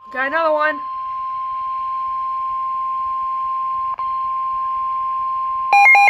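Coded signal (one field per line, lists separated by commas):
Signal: Emergency Alert System (SAME) tones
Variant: 1050 Hz attention tone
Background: speech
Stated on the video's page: Real Tornado Warning EAS activation from the National Weather Service, radar-indicated rotation.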